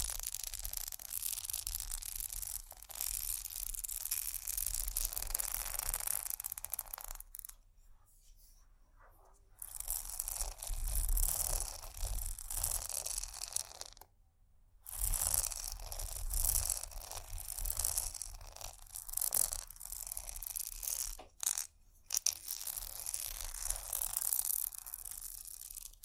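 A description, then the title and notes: Bumpy textured items scratch against each other in dense, rough strokes with a hissy, crunchy bite and a low rumble underneath. The scraping stops for about two seconds near the eight-second mark, again briefly around fourteen seconds, with a short gap near twenty-two seconds. ASMR Bumpy Textured Items Scratching（No Talking）.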